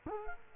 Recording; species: mosquito wingbeat signal from an infrared sensor; Culex quinquefasciatus